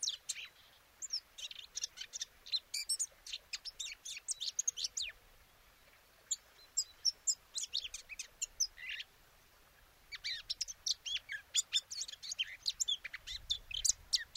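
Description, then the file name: Eurasian blackcap song in bouts of rapid, high chattering notes separated by quiet pauses, with a faint low rumble near the end. "Sylvia atricapilla"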